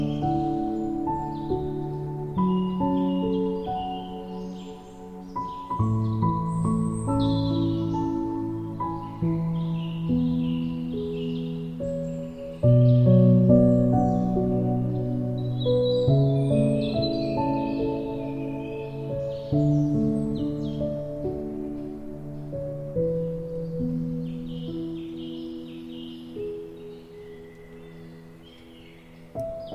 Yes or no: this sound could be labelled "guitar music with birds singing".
yes